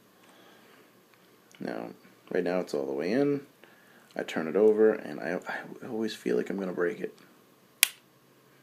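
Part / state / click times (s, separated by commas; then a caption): plastic toy key in a toy morpher slot / seated / 7.8 s. A plastic Ranger Key fully inserted in a toy morpher slot is turned over while someone talks, and the insertion itself made no click. At 7.8 s it gives one short, sharp snap as it locks into its turned position.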